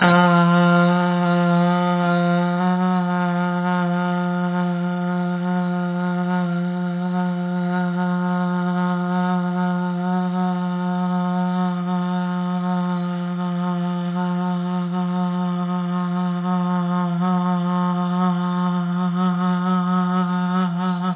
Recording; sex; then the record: sustained vowel /a/; female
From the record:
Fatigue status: no fatigue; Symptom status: symptomatic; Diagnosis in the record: COVID-19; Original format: 3gp